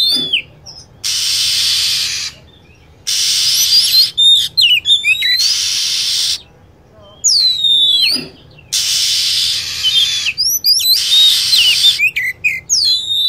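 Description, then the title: Lovebird calls: long bursts of harsh hissing alternating with sharp whistled notes that swoop down and up. Lure sound for attracting lovebirds. "PIKAT BURUNG LOVEBIRD"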